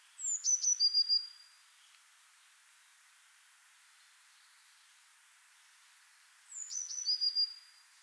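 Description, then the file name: Eurasian blue tit calls: two bursts of high, thin notes sliding down into a short buzzy trill, about six seconds apart, over a quiet background. "Cyanistes caeruleus"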